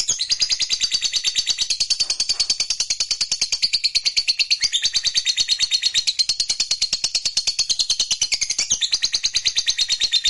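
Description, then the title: Lovebird song, an unbroken rapid high chattering trill lasting the whole ten seconds with a steady pulsing rhythm. Song of a lazy lovebird stimulated into singing. "LOVEBIRD Malas Bunyi JADI GREGET SPONTAN Langsung NARIK"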